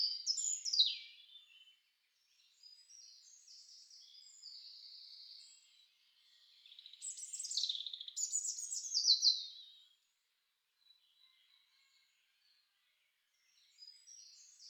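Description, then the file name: European robin song: descending thin whistles, a sustained high note, then cascading descending phrases, followed by near silence and soft notes. "roodborst"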